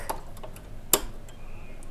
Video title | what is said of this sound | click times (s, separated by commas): Threading A Serger For Beginners | And you'll hear a click. | 0.9 s